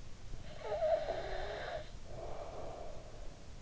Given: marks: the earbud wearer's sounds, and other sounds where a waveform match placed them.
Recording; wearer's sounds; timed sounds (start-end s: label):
sounds in sleep by an in-ear microphone; breath
0.30-3.62 s: breath